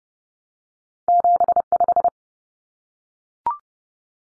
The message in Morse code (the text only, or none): 75